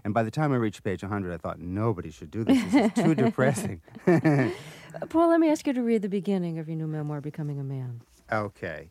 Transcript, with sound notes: And by the time I reached page 100, I thought, Nobody should do this, it's too depressing.
(LAUGHTER)
Paul, let me ask you to read the beginning of your new memoir, "Becoming a Man."